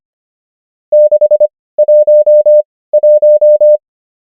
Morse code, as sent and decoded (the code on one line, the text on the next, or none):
-.... / .---- / .----
6 1 1